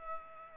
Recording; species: mosquito wingbeat signal from an infrared sensor; Culex pipiens